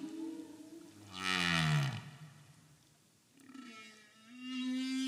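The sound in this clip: Whale moaning with a deep, downward-sliding groan, then a pause before a steady, rising tonal note returns.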